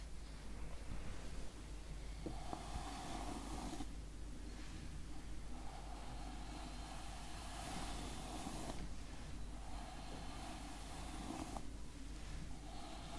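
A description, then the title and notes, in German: Steady soft rubbing and brushing sounds during a face massage, with a low hum underneath and brief bright swishes about every few seconds. Face massage (skincare, personal attention).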